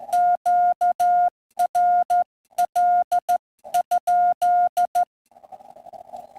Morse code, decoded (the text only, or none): QRL?